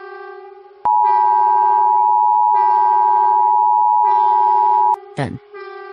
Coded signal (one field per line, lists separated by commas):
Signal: Emergency Alert System (SAME) tones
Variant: 853 and 960 Hz attention tone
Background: speech